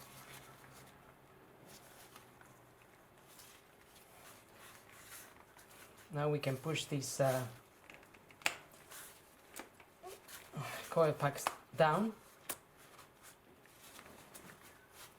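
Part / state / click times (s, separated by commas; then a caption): ignition coil pack onto spark plug in engine cylinder head / seated / 8.5 s. Ignition coil packs on a 2006 VW Passat 2.0 FSI are pressed down by hand into the cylinder head onto new spark plugs while someone talks. A sharp snap is heard at 8.5 s as a coil pack seats, and a second hit follows at 12.5 s.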